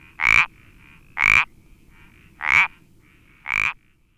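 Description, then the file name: Iberian parsley frog producing four short creaky croaks about one second apart against a soft background hiss. "Sapillo Moteado Iberico Pelodytes Ibericus"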